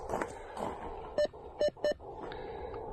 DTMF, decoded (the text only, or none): none